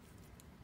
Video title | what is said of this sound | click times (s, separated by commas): Let's use an arbor press instead of a rivet press to install rivets, spring snaps, grommets, & more! | i feel it click and | 0.4 s